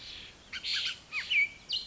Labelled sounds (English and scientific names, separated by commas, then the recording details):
Bullock's Oriole (Icterus bullockii)
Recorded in Sonoma County, California